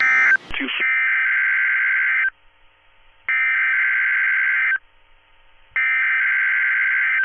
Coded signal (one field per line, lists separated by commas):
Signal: Emergency Alert System (SAME) tones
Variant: header bursts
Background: speech